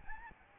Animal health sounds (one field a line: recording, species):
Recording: mosquito wingbeat signal from an infrared sensor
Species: Aedes albopictus